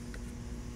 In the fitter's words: now we're just going to put the switch on the back right here and snap